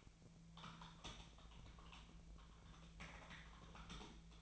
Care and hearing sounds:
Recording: daily activity, microphone in the room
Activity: typing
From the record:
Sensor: 1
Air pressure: 1000.2 hPa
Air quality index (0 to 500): 141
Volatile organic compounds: 3 ppm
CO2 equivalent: 1329 ppm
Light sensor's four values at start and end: 29/73/31/37 and 29/73/31/37

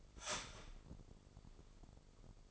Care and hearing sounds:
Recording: daily activity, microphone in the room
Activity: start toaster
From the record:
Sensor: 5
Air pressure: 995.4 hPa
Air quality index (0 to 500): 106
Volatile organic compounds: 8 ppm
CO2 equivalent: 2051 ppm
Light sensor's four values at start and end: 34/83/33/34 and 34/83/33/34

